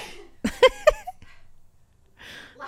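An adult woman gives three quick, stifled sneezes in close succession. Each is a short voiced burst, softer than a full open sneeze and quieter than her usual sneezes. After a pause, a faint breathy rustle follows. These are ordinary sneezes.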